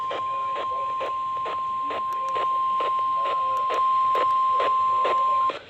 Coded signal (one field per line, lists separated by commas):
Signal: Emergency Alert System (SAME) tones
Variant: 1050 Hz attention tone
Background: speech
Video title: 2900 2 Days Later: EAS Alerts From 7/17/24 (EAS #2899-2935)